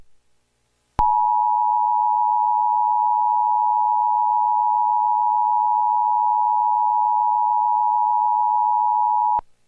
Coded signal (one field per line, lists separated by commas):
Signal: Emergency Alert System (SAME) tones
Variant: 853 and 960 Hz attention tone